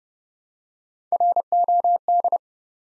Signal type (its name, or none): Morse code